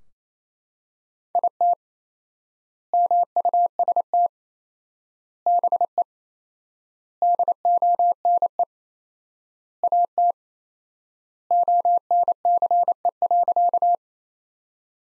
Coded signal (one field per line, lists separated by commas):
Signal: Morse code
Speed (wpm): 28 wpm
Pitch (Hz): 700 Hz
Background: none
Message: IT MUST BE DONE AT ONCE.